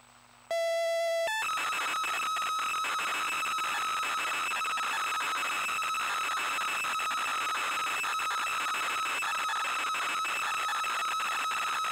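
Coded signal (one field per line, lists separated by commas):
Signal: ZX Spectrum tape loading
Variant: ZX Spectrum +2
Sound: short steady buzzing pilot tone, then continuous harsh screeching, warbling data noise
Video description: Loading a FLAC recording of Basil the Great Mouse Detective on a real Spectrum +2 (UK), with the wrong polarity. Loader is polarity-dependant and doesn't load.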